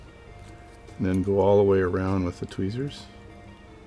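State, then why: Not seated. Tweezers are worked all the way around the steel barrel cap of a Waltham Model 1883 watch mainspring barrel to press the cap home. Someone talks from about 1.0 to 2.9 s over a faint, steady background, and no distinct click is heard. Nothing has seated or clicked yet.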